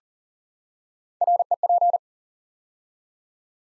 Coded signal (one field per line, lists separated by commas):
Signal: Morse code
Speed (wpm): 42 wpm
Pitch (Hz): 700 Hz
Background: none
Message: REP